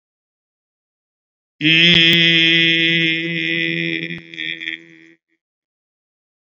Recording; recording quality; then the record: sustained vowel as in beet; moderate, slight background noise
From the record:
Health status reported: COVID-19 positive, mild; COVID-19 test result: positive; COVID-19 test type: RT-PCR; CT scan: taken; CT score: 2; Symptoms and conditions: cough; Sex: male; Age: 60 years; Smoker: no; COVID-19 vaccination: both doses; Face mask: worn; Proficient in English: no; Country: India